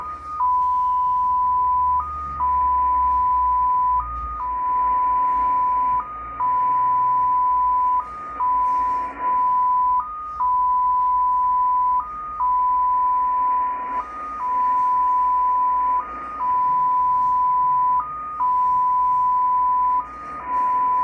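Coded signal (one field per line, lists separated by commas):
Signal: numbers station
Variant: XPA2 polytone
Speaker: we will be at xpa2 a Russian number station polytown number station that is going to start up so let's uh check out the signal here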